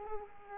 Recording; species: mosquito wingbeat signal from an infrared sensor; Culex quinquefasciatus